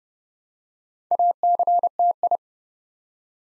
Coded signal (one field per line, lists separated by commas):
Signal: Morse code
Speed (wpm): 30 wpm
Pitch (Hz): 700 Hz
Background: none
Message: ACTI